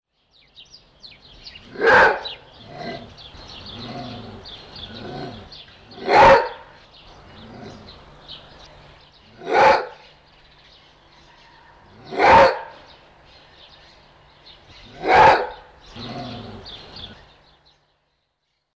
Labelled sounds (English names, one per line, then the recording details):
Maned Wolf
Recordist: Tembrock, Günter
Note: Bellen und Knurren